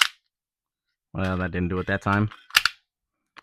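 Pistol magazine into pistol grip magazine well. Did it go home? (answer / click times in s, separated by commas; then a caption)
yes / 2.6 s, 2.7 s. A magazine is pushed into the grip magazine well of a compact polymer-frame CZ P-10 C pistol while someone talks, with a sharp click at the very start. The magazine seats and latches with an odd double click at 2.6 and 2.7 seconds instead of a single click, as it pushes in and then bounces back. A faint tick follows at the end.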